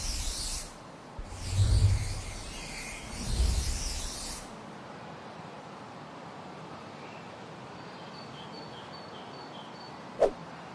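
A flying broom sweeps past in two rushing whooshes, each swelling with a low rumble and airy hiss during the first four seconds. Near silence follows, with faint high chirps around eight to nine seconds and one sharp tap just after ten.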